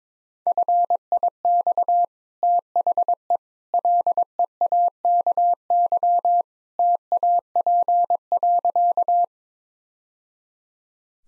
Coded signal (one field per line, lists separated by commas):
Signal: Morse code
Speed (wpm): 22 wpm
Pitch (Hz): 700 Hz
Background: none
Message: FIX THE LEAKY TAP.